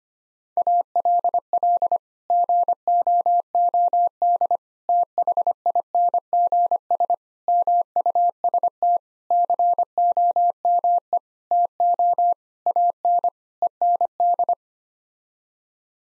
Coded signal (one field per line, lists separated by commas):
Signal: Morse code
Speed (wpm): 25 wpm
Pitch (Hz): 700 Hz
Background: none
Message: ALL GOOD THINGS MUST COME TO AN END